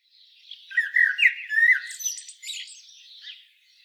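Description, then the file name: Common blackbird singing a mellow fluted phrase with several warbled notes, ending in a scratchy, high twittering tail that fades away. "Turdus merula"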